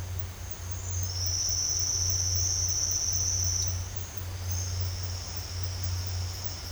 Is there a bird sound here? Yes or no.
no